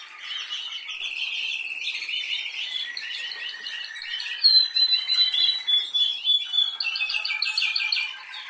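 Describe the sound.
Canary song: long rolling trills, then a clear high whistled note and a run of loud pulsed notes.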